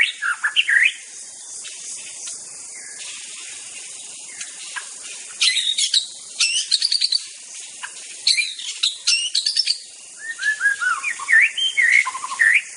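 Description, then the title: White-rumped shama song in bursts: sharp chips, quick upswept notes and varied whistles, with a long quiet pause early on. Wild bird in the forest. "Suara burung murai batu asli hutan"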